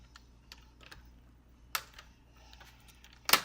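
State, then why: Seated. The two bottom clips of a Dell Inspiron 15 5577's plastic screen bezel are pressed into the laptop display lid, with clicks at 0.5 s, 1.8 s and 3.3 s among faint tapping. The last two clicks are the loudest and sharpest. The bottom bezel clips are seated.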